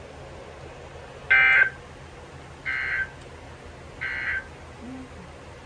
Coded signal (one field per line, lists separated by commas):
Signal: Emergency Alert System (SAME) tones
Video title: Floods And Storms! (EAS 255-284)